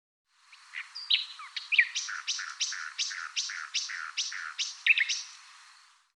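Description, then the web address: Bird song of evenly repeated paired notes, a high note followed by a lower one, after a few varied opening notes. "cianscape birddata Deverinetal 2025"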